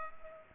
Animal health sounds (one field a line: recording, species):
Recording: mosquito wingbeat signal from an infrared sensor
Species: Culex pipiens